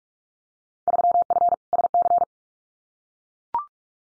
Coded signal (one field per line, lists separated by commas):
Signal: Morse code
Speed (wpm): 44 wpm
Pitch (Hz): 700 Hz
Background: none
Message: 3F SC